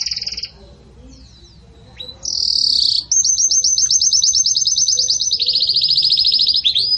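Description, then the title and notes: Canary song opening with a bright whistled phrase, brief quiet, then a loud sustained rapid trill of repeated notes that steps lower in pitch before ending. Pure "campainha" song style delivered with pauses, for training. "Canto Canário Belga Campainha Puro Com Pausa Para Treinamento. CANARIO BELGA"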